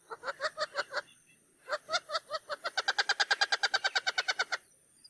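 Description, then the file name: Wattled jacana chattering: a short burst of harsh notes, a brief pause, then a long rapid rattle of squeaky, nasal notes. "CANTO-DO-JAÇANÂ-Jacana-jacana-Wattled-Jacana"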